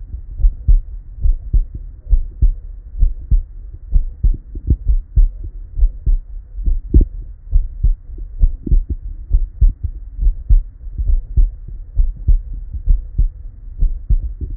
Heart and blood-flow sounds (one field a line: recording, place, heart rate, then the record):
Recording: heart sounds by stethoscope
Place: Erb's point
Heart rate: 68 bpm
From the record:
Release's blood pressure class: normal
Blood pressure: 118/69 mmHg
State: at rest